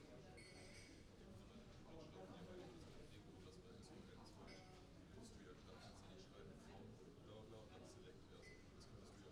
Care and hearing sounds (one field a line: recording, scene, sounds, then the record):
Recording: everyday scene through a hearing-aid microphone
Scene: many people talking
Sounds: many voices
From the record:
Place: university cafeteria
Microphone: in the ear canal, right